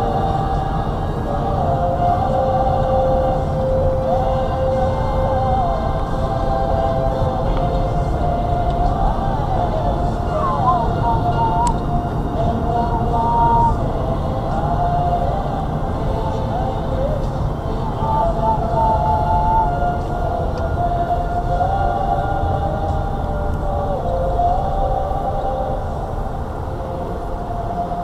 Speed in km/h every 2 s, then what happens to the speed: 37, 34, 35, 40, 42, 47, 44, 39, 37, 31, 27, 23, 18, 8.
3-11 speeds up to 47. 11-28 slows to 8.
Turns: none.